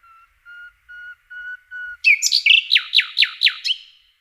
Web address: Przyroda Ptaki Slowik rdzawy